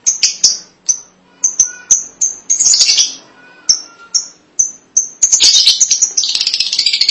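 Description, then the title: Lovebird calls: a series of sharp high chirps at irregular intervals, ending in a rapid dense chattering run. "BM Suara Burung Lovebird"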